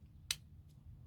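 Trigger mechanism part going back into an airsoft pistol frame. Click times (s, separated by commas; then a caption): 0.3 s. A trigger mechanism part being pulled up back into the frame of a Tokyo Marui MK23 airsoft pistol while its trigger group is reassembled. A single sharp, bright click sounds at 0.3 s over a low background hum, followed by a faint softer tick around 0.7 s. The part clicks back into place and is seated.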